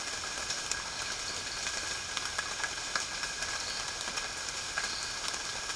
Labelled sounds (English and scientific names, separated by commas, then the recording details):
none
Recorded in dense forest near Puerto Asís, Putumayo, Colombia, on 12 March 2025 at 08:00
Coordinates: 0.485, -76.318
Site G056